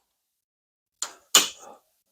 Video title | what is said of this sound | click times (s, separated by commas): Making a W.V. Shaped Cutting Board Without A CNC | snaps right in they're they're exactly identical as far as this portion is concerned | 1.4 s